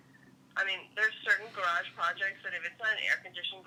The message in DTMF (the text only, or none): none